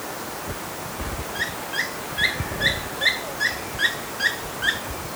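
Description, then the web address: Buff-throated tody-tyrant uttering a run of about nine brief notes repeated steadily, over steady low noise. Recorded in Ecuador. "Birds of Ecuador. Buff-throated Tody-Tyrant"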